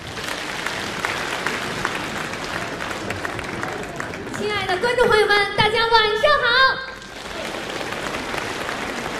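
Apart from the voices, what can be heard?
audience applause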